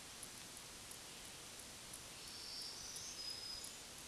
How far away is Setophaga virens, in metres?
about 30 m